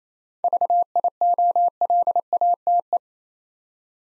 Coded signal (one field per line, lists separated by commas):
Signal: Morse code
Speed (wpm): 28 wpm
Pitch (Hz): 700 Hz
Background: none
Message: VIOLATE